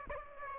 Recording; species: mosquito wingbeat signal from an infrared sensor; Aedes aegypti